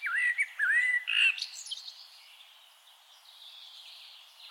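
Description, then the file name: Common blackbird song: two or three rich fluted whistles with up-and-down slurs, a brief high squeaky flourish, then near silence with faint chirps. "Turdus merula"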